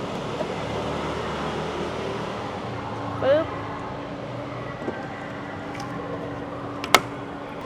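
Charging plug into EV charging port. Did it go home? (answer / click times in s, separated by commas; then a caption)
yes / 6.9 s. Someone talks over a steady background hum while a heavy power charging plug is pushed one-handed into the charging port of a Wuling Binguo electric car. A sharp click at 7.0 s marks the plug locking into the port, where it stays held to the car.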